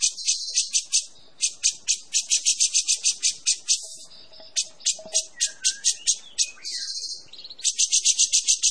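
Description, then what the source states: Grey-cheeked Bulbul delivering quick runs of buzzy, high chattering notes, pausing briefly, with a short falling whistle and a faint low tone midway. Lively singing.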